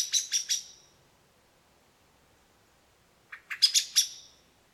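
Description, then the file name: Common blackbird giving short bursts of harsh, clipped chak notes, two groups split by a silent pause. "Turdus merula"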